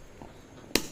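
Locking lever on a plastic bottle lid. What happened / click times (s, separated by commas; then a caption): The plastic lid lock clicks open / 0.8 s. A locking lever on a plastic bottle lid is worked by hand, giving a faint tap at 0.2 s and then a sharp click at 0.8 s. The lid lock clicks open and is released; moving the lever up locks it and moving it down opens it.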